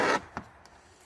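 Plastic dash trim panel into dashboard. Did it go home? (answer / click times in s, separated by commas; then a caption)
yes / 0.4 s. A plastic dash trim panel on a 2008 GMC/Chevy truck, pried over at its edge with a trim tool during an automatic headlight sunlight ambient light sensor replacement, is pressed back into the dashboard. A brief broadband rustle gives way to a sharp snap at 0.4 s as the trim edge seats back in place, followed by a faint tick at 0.7 s.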